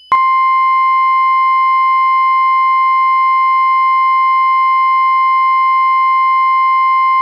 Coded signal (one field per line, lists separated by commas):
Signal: Emergency Alert System (SAME) tones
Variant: 853 and 960 Hz attention tone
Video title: Cancelled EAS Scenarios - What Was Left